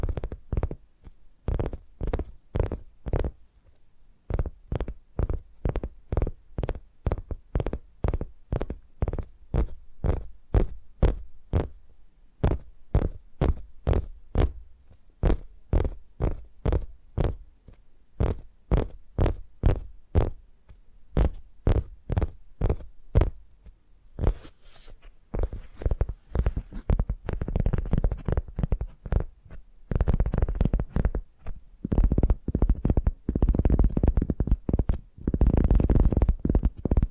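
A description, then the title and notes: Tapping triggers: quick, evenly spaced taps with a dull, low-heavy knock, running in steady trains for most of the clip. After about 24 seconds the taps turn denser and more irregular, with brighter, clattering edges, before returning to rhythmic strikes near the end. ASMR 10 Addictive Tapping Triggers. (No Talking).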